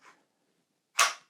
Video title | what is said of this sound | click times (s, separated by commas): Umarex /VFC HK MP7A1 GBB V3 – ENDLICH PERFEKT? Der große Airsoft Test! | Rastet auch gut ein. | 1.0 s